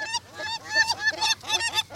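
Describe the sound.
Herring Gull calls: a run of loud, harmonic yelping and laughing notes in short bursts.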